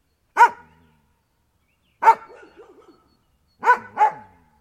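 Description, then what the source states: Dog barking: three loud single barks about every one and a half seconds, the last a quick double, with soft whining tails after them. Dog barking constantly.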